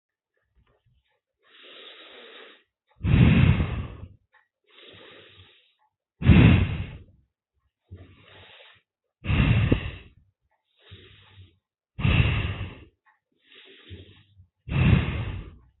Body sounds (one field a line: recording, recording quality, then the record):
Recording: deep breathing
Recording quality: excellent, no background noise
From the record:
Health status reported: healthy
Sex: female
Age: 29 years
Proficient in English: yes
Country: India